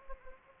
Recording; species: mosquito wingbeat signal from an infrared sensor; Anopheles gambiae